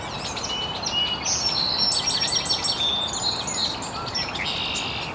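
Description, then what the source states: Birds: bright bird chirps and quick trilled phrases from several birds overlapping, over a constant hissing background. Birds chirping very early in the morning in an estuary.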